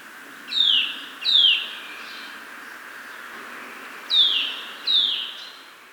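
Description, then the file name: Eurasian nuthatch calls: strong down-slurred whistled notes in two pairs about three seconds apart, over a steady soft background hiss. "Sitta europaea"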